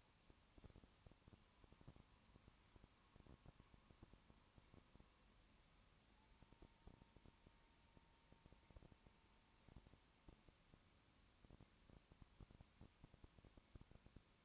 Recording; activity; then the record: daily activity, microphone in the room; no activity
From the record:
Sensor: 1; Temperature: 19.2 degrees Celsius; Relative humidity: 37.8%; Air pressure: 1001.1 hPa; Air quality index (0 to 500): 197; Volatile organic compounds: 7 ppm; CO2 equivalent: 1993 ppm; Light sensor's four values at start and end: 1/2/1/1 and 1/2/1/1